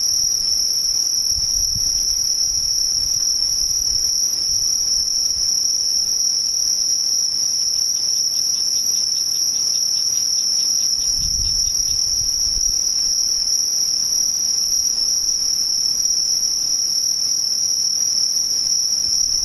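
Insects trill in a steady, shrill high drone through the whole clip, with soft low rumbles around two and eleven seconds.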